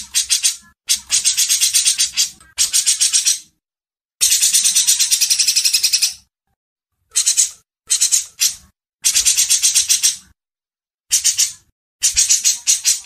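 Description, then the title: Grey-cheeked bulbul giving harsh, rattling chatter in repeated bursts of quick pulses, some long and some short, with gaps of silence between. Masteran training audio. "MASTERAN CUCAK JENGGOT"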